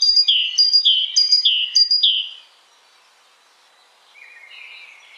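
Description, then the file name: Great tit singing: four loud two-note phrases, a sharp high note dropping to a lower one, then a pause and faint rising notes. "Canto do chapins real"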